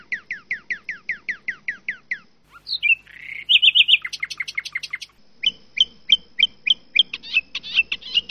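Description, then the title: Asian pied starling song: a regular series of falling chirps, a squeaky trill and buzzy burst, then sharp notes repeated steadily and faster toward the end, over a faint hum. "Jalak Suren"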